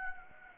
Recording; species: mosquito wingbeat signal from an infrared sensor; Anopheles gambiae